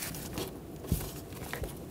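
A spark plug wire boot is pressed onto an ignition coil on a 2011-2016 Ford F-350 with the 6.2L V8, amid soft crinkling and rustling handling noise. A sharp click sounds at 1.5 s as the boot locks onto the coil and seats.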